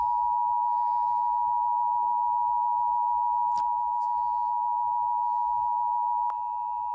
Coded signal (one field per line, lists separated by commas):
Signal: Emergency Alert System (SAME) tones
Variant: 853 and 960 Hz attention tone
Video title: Eas Frw in Logan county Oklahoma Eas#608